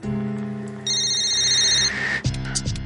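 A telephone rings with steady, buzzy electronic tones; a bright, high-pitched layer joins for about a second, then the ringing drops to a lower, pulsing pattern near the end. No voices.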